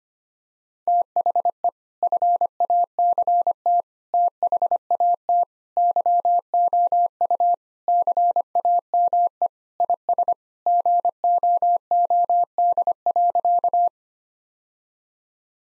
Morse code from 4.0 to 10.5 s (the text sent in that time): THAT YOU CAME IS